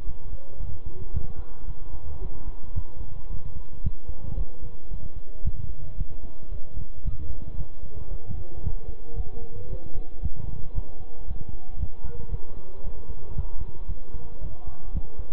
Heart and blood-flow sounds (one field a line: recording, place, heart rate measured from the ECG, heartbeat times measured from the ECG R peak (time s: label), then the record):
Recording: heart sounds by stethoscope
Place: between the tricuspid and mitral areas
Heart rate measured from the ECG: 113 bpm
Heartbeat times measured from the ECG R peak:
0.07 s: heartbeat
0.60 s: heartbeat
1.14 s: heartbeat
1.68 s: heartbeat
2.22 s: heartbeat
2.76 s: heartbeat
3.30 s: heartbeat
3.84 s: heartbeat
4.38 s: heartbeat
4.91 s: heartbeat
5.45 s: heartbeat
5.98 s: heartbeat
6.52 s: heartbeat
7.05 s: heartbeat
7.58 s: heartbeat
8.11 s: heartbeat
8.64 s: heartbeat
9.17 s: heartbeat
9.70 s: heartbeat
10.23 s: heartbeat
10.75 s: heartbeat
11.28 s: heartbeat
11.80 s: heartbeat
12.32 s: heartbeat
12.84 s: heartbeat
13.36 s: heartbeat
13.88 s: heartbeat
14.42 s: heartbeat
14.95 s: heartbeat
From the record:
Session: bicycle stress test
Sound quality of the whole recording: good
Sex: male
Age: 23 years